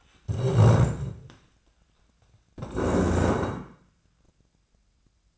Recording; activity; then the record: daily activity, microphone in the room; stand up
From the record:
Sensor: 2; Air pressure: 1012.1 hPa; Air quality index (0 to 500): 158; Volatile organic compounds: 2 ppm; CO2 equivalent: 1153 ppm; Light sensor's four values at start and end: 71/161/74/86 and 39/96/42/48